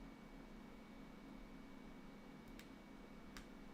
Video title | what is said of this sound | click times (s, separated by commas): Spooky Season: Part 4: Tec Creators Mechanical Bat Review - Is This the Ultimate Alt-Brick Monster? | All right, snapped into place. We're good to go. | 2.6 s, 3.4 s